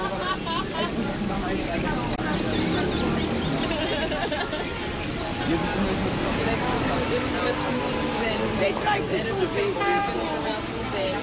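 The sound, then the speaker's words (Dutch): An artist's impression of how Hofplein city square could sound: a steady crowd of overlapping voices murmuring and chatting, with a tram rumbling along beneath the hubbub and a brief tonal signal sounding near the end. “U hebt dat heet dan een artist impression gemaakt van hoe het kan klinken op het Hofplein.”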